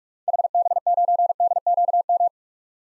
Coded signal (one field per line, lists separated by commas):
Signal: Morse code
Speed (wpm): 46 wpm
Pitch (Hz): 700 Hz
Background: none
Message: HB9DQM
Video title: 2023 SOTA Activator Call Signs - 45wpm